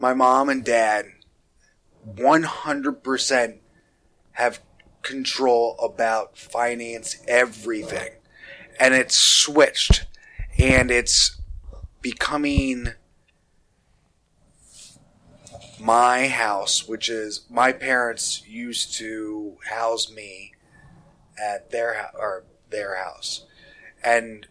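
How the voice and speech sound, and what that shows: Halting adult male speech with long pauses, stretched sounds and ungrammatical phrasing: aphasia in a stroke survivor.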